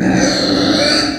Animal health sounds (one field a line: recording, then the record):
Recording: squeal of a Yucatan mini pig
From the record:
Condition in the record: before surgery on the right vocal fold (resection and tissue-engineered implant)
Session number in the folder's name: 3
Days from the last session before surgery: 0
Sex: female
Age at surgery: 19 weeks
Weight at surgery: 25 kg